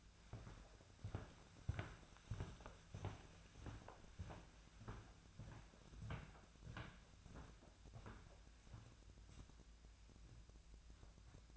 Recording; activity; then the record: daily activity, microphone in the room; walk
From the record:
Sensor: 2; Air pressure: 1008.3 hPa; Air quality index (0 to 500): 181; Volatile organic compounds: 10 ppm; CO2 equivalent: 2232 ppm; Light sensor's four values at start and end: 15/37/15/16 and 15/36/15/16